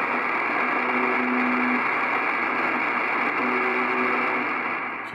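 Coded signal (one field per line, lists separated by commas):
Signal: channel marker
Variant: UVB-76 (The Buzzer)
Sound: two low droning buzzes, each about a second long, buried in loud hiss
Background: radio static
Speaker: so this is the Russian buzzer 46:25 it's kind of a channel marker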